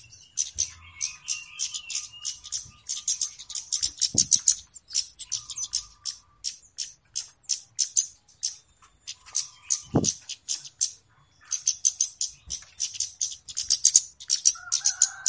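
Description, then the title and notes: Flowerpecker calls: quick strings of high, sharp ticks in repeated bursts with brief silences, plus a faint lower whistled tone and a couple of soft knocks. Lure call used for bird catching (pikat, pancing). "Kicau Pancing Burung Kemade ( Cabe Cabean). Suara Burung Cabe Cabean Pikat"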